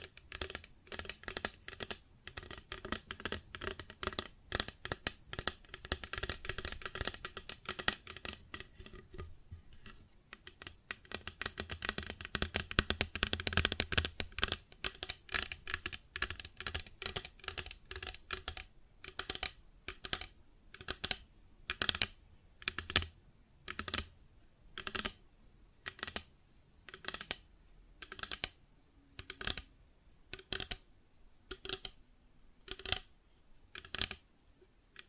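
Plastic objects are tapped and scratched in quick, clicky bursts, dense and rapid for the first eighteen seconds or so with a rough scraping swell around thirteen seconds. After that the taps thin out into separate, fairly regular knocks, each sharp and bright.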